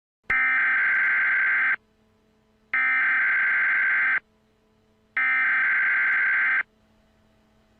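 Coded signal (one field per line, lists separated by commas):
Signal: Emergency Alert System (SAME) tones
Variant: header bursts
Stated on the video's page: Fictional EAS scenario made for entertainment, not a real event.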